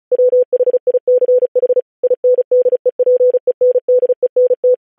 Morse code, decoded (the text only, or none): WHICH INDEPENDENT